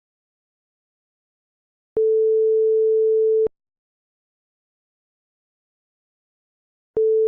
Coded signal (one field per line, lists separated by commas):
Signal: telephone call progress tone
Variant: France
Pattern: ringback tone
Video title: Narbonne, France, Musée Du Téléphone; PTT 24 Rotary Dial Desk Telephone 1924 with watch receiver